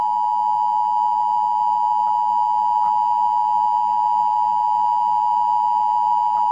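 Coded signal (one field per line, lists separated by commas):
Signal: Emergency Alert System (SAME) tones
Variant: 853 and 960 Hz attention tone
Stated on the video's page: Fictional fan-made mock UK Emergency Alert System broadcast on television, said to contain valid EAS tones.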